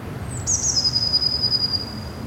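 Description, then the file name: Eurasian blue tit uttering one long, needle-thin high whistle that falls briefly and then sustains evenly for about a second and a half, with faint background noise. "Cyanistes caeruleus"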